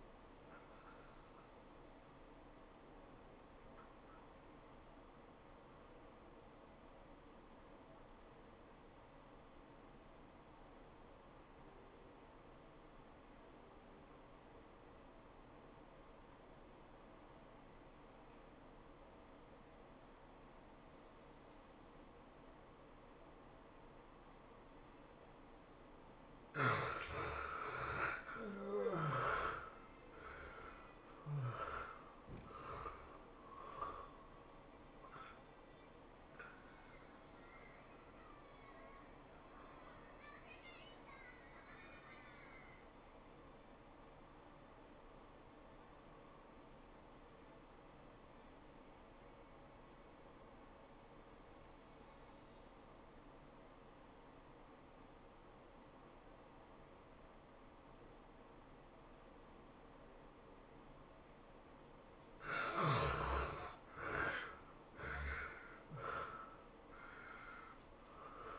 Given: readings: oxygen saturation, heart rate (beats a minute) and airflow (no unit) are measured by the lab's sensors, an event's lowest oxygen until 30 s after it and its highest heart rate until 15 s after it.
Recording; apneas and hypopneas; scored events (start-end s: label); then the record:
breathing in sleep by a voice recorder at the bedside; 2
6.00-25.30 s: obstructive apnea (N2, oxygen 94% highest, then 72% lowest, heart rate 91 at the start, 107 highest)
38.00-63.80 s: obstructive apnea (N2, oxygen 90% highest, then 72% lowest, heart rate 101 at the start, 108 highest)
From the record:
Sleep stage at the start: N2 (light sleep); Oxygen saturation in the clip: 72 to 94%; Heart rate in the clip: 78 to 107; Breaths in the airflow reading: 6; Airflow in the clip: -25.2 to 16.6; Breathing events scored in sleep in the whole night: 403 in 5.5 hours asleep